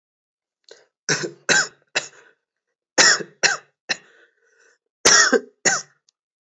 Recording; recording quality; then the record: heavy voluntary cough; excellent, no background noise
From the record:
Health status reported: respiratory illness, not identified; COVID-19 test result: not tested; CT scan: not taken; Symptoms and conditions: cold, breathing difficulty, sore throat, muscle pain, another respiratory illness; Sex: male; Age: 21 years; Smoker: no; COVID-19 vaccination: both doses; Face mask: worn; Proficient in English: yes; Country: India